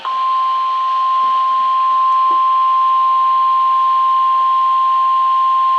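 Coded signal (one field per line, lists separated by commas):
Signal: Emergency Alert System (SAME) tones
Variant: 1050 Hz attention tone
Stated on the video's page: Weekly test on NOAA Weather Radio station, sounding through a weather radio's alarm.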